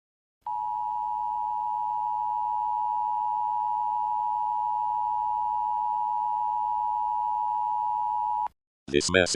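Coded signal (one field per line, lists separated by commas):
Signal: Emergency Alert System (SAME) tones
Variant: 853 and 960 Hz attention tone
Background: speech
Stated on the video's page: Fictional supernova EAS scenario made for entertainment, using valid EAS tones.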